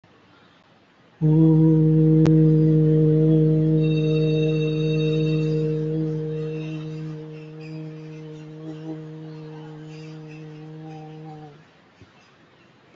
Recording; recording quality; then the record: sustained vowel as in boot; excellent, no background noise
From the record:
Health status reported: recovered from COVID-19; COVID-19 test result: negative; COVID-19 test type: RT-PCR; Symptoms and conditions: cough, cold, breathing difficulty, asthma, chronic lung disease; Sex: male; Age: 37 years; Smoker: yes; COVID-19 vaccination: both doses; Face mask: not worn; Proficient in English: no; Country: India